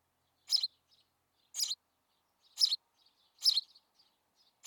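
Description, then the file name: House sparrow calling with loud, rough chirps spaced about a second apart and faint soft notes in the gaps. "Passer domesticus"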